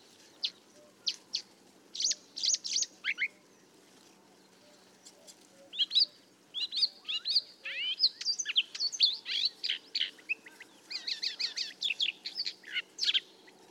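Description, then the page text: Paddyfield warbler song in chattering bursts of fast, varied, scratchy and whistled notes, broken by pauses. "Patrick Franke - Индийская камышевка (Acrocephalus agricola)"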